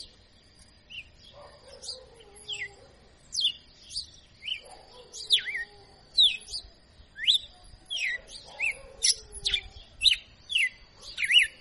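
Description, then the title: Red-cowled cardinal song: sharp, descending whistled notes repeated in quick series, some hooked at the end, over a steady high tone and intermittent low buzzy sounds. Female; called a 'professor' (tutor) bird, singing in the 'açoitando' style. "Canto Galo Campina Fêmea 02. Galo de Campina Professor Açoitando"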